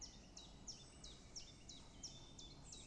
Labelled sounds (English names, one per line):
Great Spotted Woodpecker